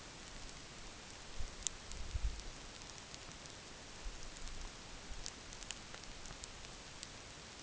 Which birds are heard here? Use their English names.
none